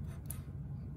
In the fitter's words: wait for that little clicking sound it's not like the raspberry pi 4 or 3.